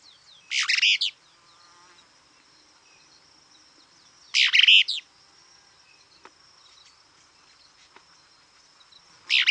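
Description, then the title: Plain-crested elaenia calls: three harsh, buzzy bursts several seconds apart against a continuous high-pitched insect hum. Nominate subspecies cristata. "LuckyPassaro Completos2Sama. Plain-crested Elaenia (Elaenia cristata cristata)"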